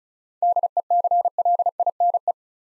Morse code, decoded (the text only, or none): DECLINE